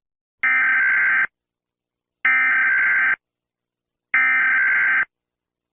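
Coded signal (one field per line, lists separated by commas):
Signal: Emergency Alert System (SAME) tones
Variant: header bursts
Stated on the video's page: Simulated EAS scenario for a fictional hurricane.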